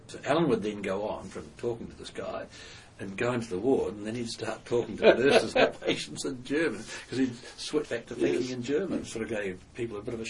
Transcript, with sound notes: So Allan would then go on from talking to this guy and go into the ward, and then he’d start talking to the nurses and patients [chuckle] in German because he’d switched back to thinking in German and sort of gave people a bit of a shock.